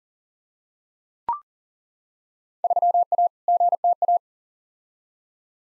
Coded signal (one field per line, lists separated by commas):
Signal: Morse code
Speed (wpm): 40 wpm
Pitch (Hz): 700 Hz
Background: none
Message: 3A GTA